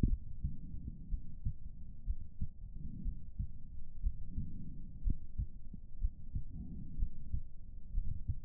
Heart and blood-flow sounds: heart sounds by stethoscope; pulmonary valve (PV); 60 bpm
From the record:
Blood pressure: 142/86 mmHg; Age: 52 years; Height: 156 cm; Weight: 64 kg

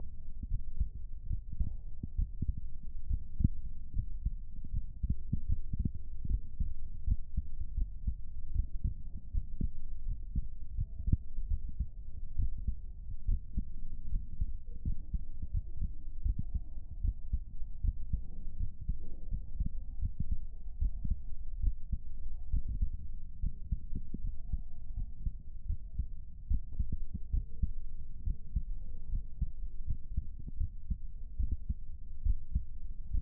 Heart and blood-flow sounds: heart sounds by stethoscope; pulmonary valve (PV); 73 bpm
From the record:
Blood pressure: 142/79 mmHg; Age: 30 years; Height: 170 cm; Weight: 82 kg

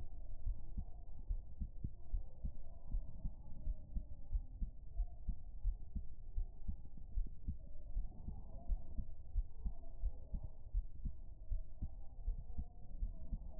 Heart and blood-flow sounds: heart sounds by stethoscope; pulmonary valve (PV); 76 bpm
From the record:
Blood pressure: 110/66 mmHg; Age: 22 years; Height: 167 cm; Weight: 51 kg

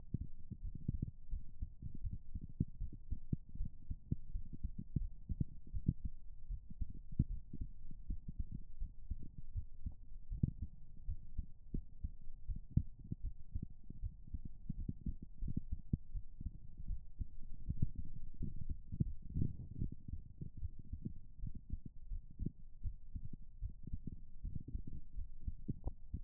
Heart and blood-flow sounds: heart sounds by stethoscope; pulmonary valve (PV); 73 bpm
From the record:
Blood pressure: 125/82 mmHg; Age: 25 years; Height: 166 cm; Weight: 58 kg

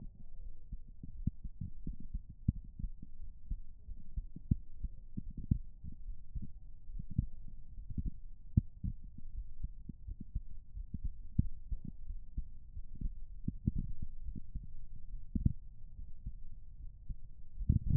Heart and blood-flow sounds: heart sounds by stethoscope; pulmonary valve (PV); 83 bpm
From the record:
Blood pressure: 117/70 mmHg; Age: 33 years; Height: 165 cm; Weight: 65 kg

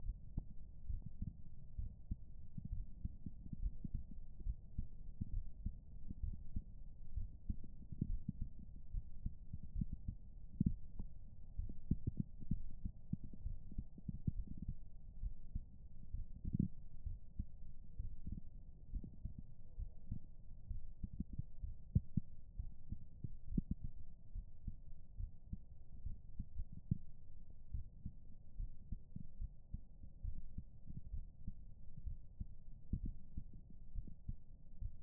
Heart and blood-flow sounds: heart sounds by stethoscope; pulmonary valve (PV); 69 bpm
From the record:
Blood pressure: 139/81 mmHg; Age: 47 years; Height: 155 cm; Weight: 72 kg

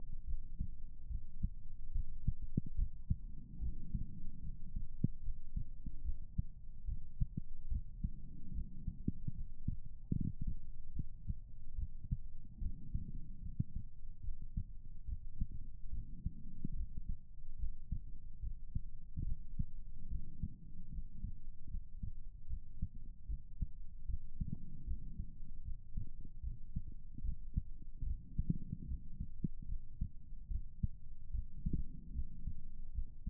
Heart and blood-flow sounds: heart sounds by stethoscope; pulmonary valve (PV); 73 bpm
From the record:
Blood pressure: 105/72 mmHg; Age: 51 years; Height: 156 cm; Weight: 60 kg

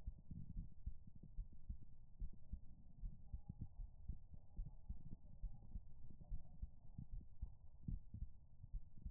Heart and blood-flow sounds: heart sounds by stethoscope; pulmonary valve (PV); 72 bpm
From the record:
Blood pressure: 101/57 mmHg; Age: 28 years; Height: 164 cm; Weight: 64 kg

